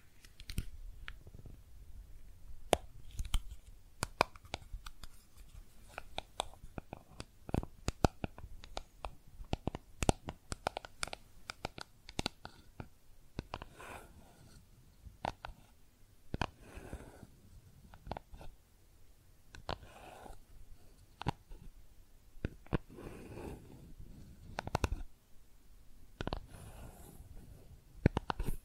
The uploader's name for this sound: Makeup Tapping & Scratching Sounds